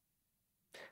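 After a moment of quiet, a single short, breathy 'ahem' throat clear, deliberately faked as a demonstration.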